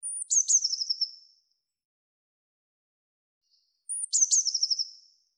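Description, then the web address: Eurasian blue tit calling twice: a piercing high note then a rattling, buzzy trill, repeated after roughly two and a half seconds of silence. "cianscape birddata Deverinetal 2025 File cleaned normalized Bird Cy Ca"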